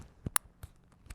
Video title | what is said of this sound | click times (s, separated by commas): Professional Video Camera Tutorial: Tips and Buttons on a camera like the Panasonic AG AC 90 | going to clip that in there like that you're going to listen and you'll hear a clip a click | 0.4 s